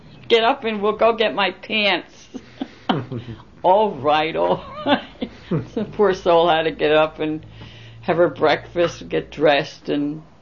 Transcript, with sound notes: Get up, and we'll go get my pants." ( they laugh ) All right, all right. The poor soul had to get up and have her breakfast and get dressed, and